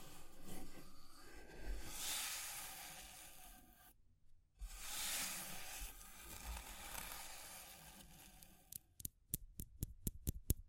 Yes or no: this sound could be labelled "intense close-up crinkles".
no